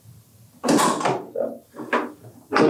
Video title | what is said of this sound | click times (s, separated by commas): enduroTEQ Equipment Overview | it on there you'll hear a click | 1.9 s